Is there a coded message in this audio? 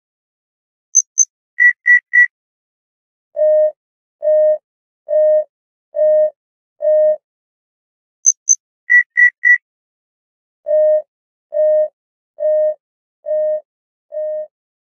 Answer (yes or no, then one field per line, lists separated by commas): no